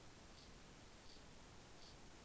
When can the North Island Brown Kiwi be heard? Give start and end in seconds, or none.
none